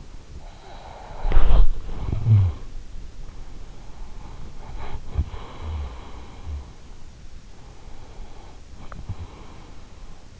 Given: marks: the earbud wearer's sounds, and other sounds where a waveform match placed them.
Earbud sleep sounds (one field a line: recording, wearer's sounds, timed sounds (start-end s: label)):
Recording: sounds in sleep by an in-ear microphone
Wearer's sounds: body movement, breath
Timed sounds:
0.00-2.97 s: body movement
3.42-7.33 s: breath
7.72-10.40 s: breath